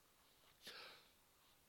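A single sharp, hissing burst of air, fading within half a second: an ordinary adult sneeze.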